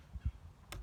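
A manual 4WD and diff lock control lever in the plastic handlebar control housing of a Kawasaki Brute Force or Prairie is pulled out of its spring-ball detent after being clicked in. Two soft low thumps come first, then a sharp click at 0.7 s as the lever pops out. The lever is released from the detent.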